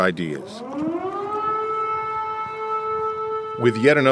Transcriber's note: soundbite of alarm ringing